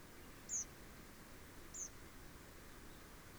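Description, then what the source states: Bird flight calls: two short, thin, very high notes about 1.3 seconds apart over a constant background hiss. Nocturnal flight call recorded on 30 March 2020.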